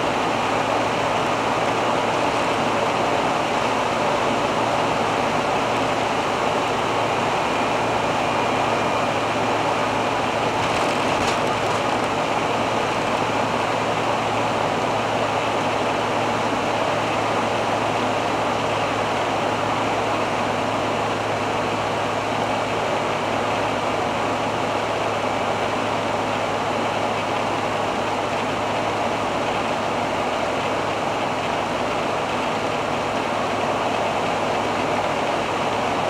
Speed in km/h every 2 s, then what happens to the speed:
101, 101, 102, 101, 100, 100, 99, 98, 98, 97, 96, 96, 95, 95, 95, 95, 95, 95.
0-36 steady at about 97.